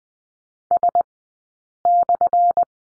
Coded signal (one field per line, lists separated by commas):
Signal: Morse code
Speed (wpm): 20 wpm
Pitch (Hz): 700 Hz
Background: none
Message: S/